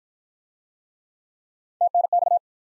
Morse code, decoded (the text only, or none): TNX